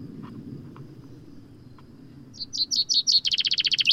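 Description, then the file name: Common chaffinch: after a stretch of low rumbling background and a few faint ticks, a loud accelerating series of high notes breaks into a rapid trill. "Fringilla coelebs"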